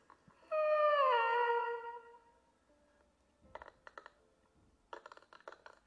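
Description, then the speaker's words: Beluga whale: beluga call: a single bright whistle falling in pitch, followed by scattered bursts of rapid clicking pulses. Belugas, called canaries of the sea, are endemic to Arctic and subarctic waters and move south when the Arctic sea freezes over, staying in Arctic or subarctic waters. "Voy a cerrar este podcast con el sonido de la beluga, también conocidos como los canarios del mar."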